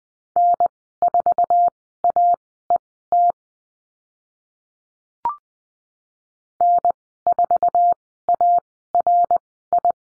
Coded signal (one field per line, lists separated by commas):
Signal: Morse code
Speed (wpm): 20 wpm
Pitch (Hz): 700 Hz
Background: none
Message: N4AET N4ARI